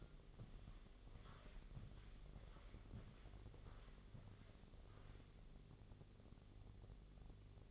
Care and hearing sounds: daily activity, microphone in the room; walk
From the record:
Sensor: 4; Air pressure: 1001.3 hPa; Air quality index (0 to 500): 172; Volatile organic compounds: 2 ppm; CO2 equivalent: 1236 ppm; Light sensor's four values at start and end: 13/31/12/12 and 14/32/13/13

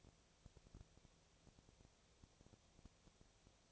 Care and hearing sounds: daily activity, microphone in the room; no activity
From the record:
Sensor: 1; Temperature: 19.6 degrees Celsius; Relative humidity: 36.4%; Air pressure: 997.0 hPa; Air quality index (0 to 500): 204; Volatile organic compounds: 129 ppm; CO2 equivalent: 3923 ppm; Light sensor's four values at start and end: 1/2/1/1 and 1/2/1/1

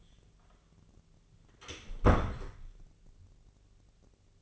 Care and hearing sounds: daily activity, microphone in the room; close door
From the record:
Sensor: 4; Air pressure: 1010.3 hPa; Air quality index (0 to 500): 188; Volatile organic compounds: 3 ppm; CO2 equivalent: 1353 ppm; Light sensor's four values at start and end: 30/74/30/32 and 33/80/33/34

